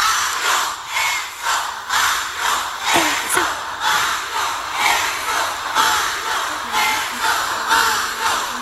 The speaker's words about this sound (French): Mais je pourrais chialer. C'était énorme. 5000 personnes qui crient comme ça.